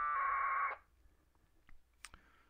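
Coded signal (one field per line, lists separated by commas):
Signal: packet radio (AX.25, as in APRS)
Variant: 1200 baud AFSK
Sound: one short harsh warbling data burst lasting about half a second, then quiet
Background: faint clicks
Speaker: the first time which was me transmitting and the second time should have been the iss repeating it i will try it again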